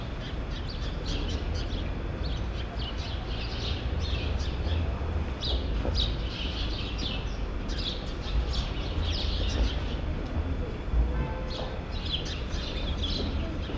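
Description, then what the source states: Sparrow chatter, clusters of sharp chirps coming in bursts from several birds, set against a heavy low hum. Sparrows in a grove at Rue Saint-Jean Népomucène, Brussels, Belgium; recorded with Earsight V2 microphones in AB into a Mixpre-3.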